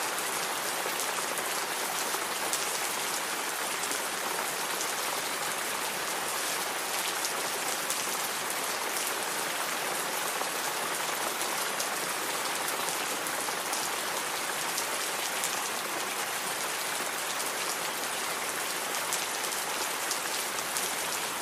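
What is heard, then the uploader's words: Rain falls steadily and densely for the whole stretch, a constant bright hiss of countless drops striking a nearby surface. The level holds even throughout, with fine crackling patter on top and little low rumble beneath, and no other sounds break through. Satisfying Rain Sounds.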